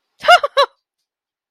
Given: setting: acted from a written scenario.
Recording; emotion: vocal sound without words; positive surprise